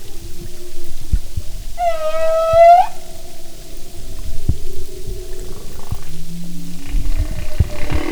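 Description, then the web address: Humpback whale song: a rich harmonic moan rising at its end, followed by lower hums and soft grunts over steady underwater noise with clicks. "Sound and Marine Mammals humpback"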